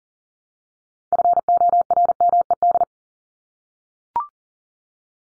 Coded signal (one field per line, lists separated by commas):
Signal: Morse code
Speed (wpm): 40 wpm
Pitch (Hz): 700 Hz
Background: none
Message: FORMED